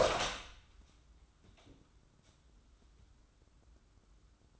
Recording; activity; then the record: daily activity, microphone in the room; open door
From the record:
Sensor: 3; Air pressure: 994.3 hPa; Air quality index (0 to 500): 207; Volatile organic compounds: 1000 ppm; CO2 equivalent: 6929 ppm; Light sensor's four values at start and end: 163/391/164/164 and 169/407/171/171